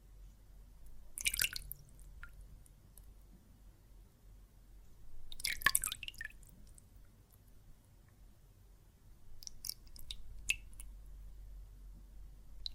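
Wet squishing bursts of water and soap foam near 1, 5.5 and 10 seconds, with brief drips between over a low steady hum.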